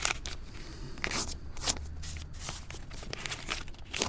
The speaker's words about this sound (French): Il déchire d'un cahier une feuille blanche. Il la coupe en deux, puis encore en deux, et ainsi de suite, jusqu'à avoir un tout petit bout de papier.